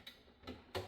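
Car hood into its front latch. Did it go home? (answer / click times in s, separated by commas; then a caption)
no / none. A replacement hood on a Subaru Forester is pushed down hard with a person's full body weight onto its bent steel front latch, giving three short knocks at about 0.1, 0.5 and 0.8 seconds, with the last one loudest. The latch does not catch, and nothing has clicked or latched yet.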